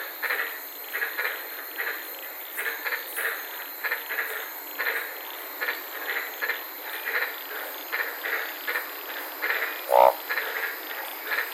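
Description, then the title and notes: Chorus of white-lipped tree frogs, clipped barking notes repeated quickly and overlapping, with one sharp click near the end and constant high-pitched background hiss. Several frogs calling at night in the Daintree rainforest, Queensland; recorded while sitting in a car. "White Lipped Frog Podcast. I was sitting in my car in the Daintree rainforest in Queensland this night and fell asleep listening to these amazing White lipped frogs"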